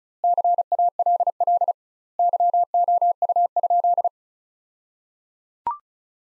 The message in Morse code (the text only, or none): CALL YOU?